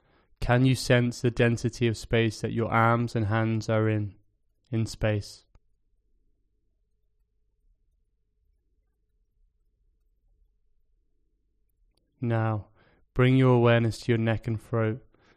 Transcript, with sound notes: Can you sense the density of space that your arms and hands are in... in space? [Pause 5 seconds] Now, bring your awareness to your neck and throat.